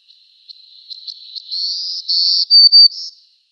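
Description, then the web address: Black-throated Green Warbler song: thin high buzzy notes starting faint and stuttered, then swelling into longer buzzes, two bright, clear accented notes and a final higher note. "Schulze Peter Black-throated Green Warbler song"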